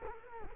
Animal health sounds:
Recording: mosquito wingbeat signal from an infrared sensor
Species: Culex quinquefasciatus

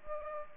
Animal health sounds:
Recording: mosquito wingbeat signal from an infrared sensor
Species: Aedes aegypti

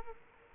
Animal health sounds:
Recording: mosquito wingbeat signal from an infrared sensor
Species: Culex quinquefasciatus

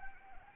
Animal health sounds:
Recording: mosquito wingbeat signal from an infrared sensor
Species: Anopheles arabiensis

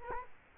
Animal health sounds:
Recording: mosquito wingbeat signal from an infrared sensor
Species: Culex quinquefasciatus

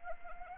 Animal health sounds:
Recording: mosquito wingbeat signal from an infrared sensor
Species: Anopheles arabiensis

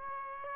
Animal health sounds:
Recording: mosquito wingbeat signal from an infrared sensor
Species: Aedes albopictus

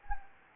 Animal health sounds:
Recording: mosquito wingbeat signal from an infrared sensor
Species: Anopheles gambiae

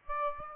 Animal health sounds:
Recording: mosquito wingbeat signal from an infrared sensor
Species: Aedes aegypti

